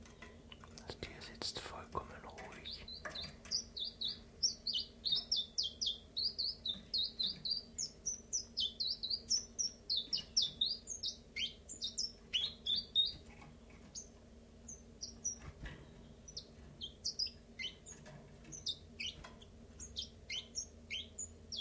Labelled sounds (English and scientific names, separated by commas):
Common Chiffchaff (Phylloscopus collybita)